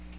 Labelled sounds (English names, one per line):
Cape May Warbler flight call